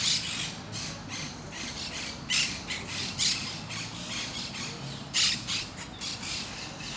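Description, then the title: Parakeets give scratchy, screeching squawks in ragged bursts, several overlapping. Parakeets in Parc de Forest, Saint-Gilles, Belgium; Sony PCM-D100, internal microphones in wide position. "Parc de Forest, 1060 Saint-Gilles, Belgique - Parakeets - Perruches"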